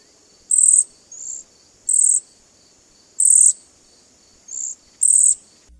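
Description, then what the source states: Cedar waxwing calls: very high, thin, sibilant trilled notes given in short bursts, some softer, repeating at irregular intervals against a quiet background. Returns to the Northland in late spring when apple blossoms open, nests, then forms big flocks in late summer and fall feeding on insects and berries; call likened to tiny mice snoring.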